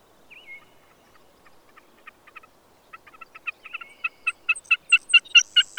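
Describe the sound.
Bird song starting with one slurred whistle, followed by rapid ringing notes that swell in loudness, with a thin high tone over the end.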